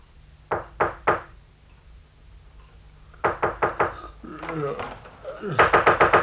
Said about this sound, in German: Eines Morgens, als ich noch im besten Schlaf lag, klopfte es an die Tür meines Zimmers.